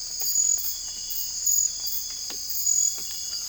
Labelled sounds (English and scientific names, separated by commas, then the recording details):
none
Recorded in secondary vegetation near Puerto Asís, Putumayo, Colombia, on 20 December 2024 at 00:00
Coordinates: 0.481, -76.318
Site G042